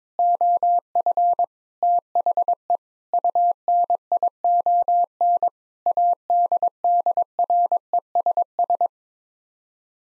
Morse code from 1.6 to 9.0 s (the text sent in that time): THE UNION ADDRESS